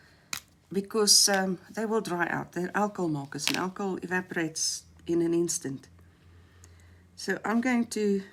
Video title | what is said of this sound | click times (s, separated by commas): Creating Journal Pages with Alcohol Markers | When you close these, you want to hear them snap shut like that, | 0.3 s